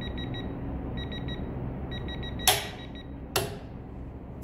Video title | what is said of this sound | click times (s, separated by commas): ИНСТРУМЕНТ МОТОРИСТА 21 ВЕКА!!! | Итак значит что мы видим у нас был щелчок не знаю насколько его чётко было слышно на камеру но был щелчок ключа | 2.5 s, 3.4 s